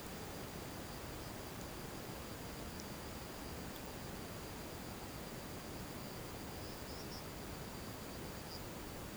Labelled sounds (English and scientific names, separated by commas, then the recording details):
none
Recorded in pastures near Puerto Asís, Putumayo, Colombia, on 21 March 2025 at 15:00
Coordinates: 0.486, -76.323
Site G075